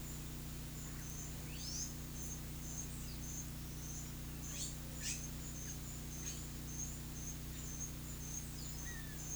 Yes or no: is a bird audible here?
yes